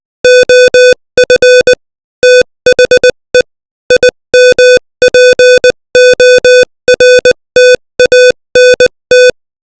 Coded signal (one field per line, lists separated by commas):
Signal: Morse code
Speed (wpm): 20 wpm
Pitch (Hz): 500 Hz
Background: music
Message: OF THE IMPORTANT